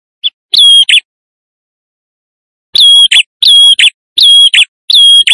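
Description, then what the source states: Prinia: a brief note and one phrase of shrill whistle followed by a rasping burst, then a pause, then four rapid phrases of the same. Visiting male singing vigorously, used as a lure.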